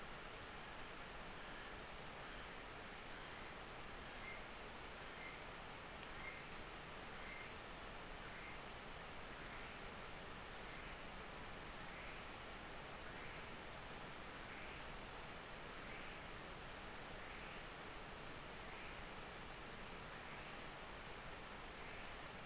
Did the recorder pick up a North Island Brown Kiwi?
yes